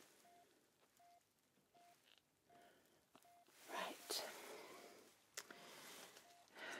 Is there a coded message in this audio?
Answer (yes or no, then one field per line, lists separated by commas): no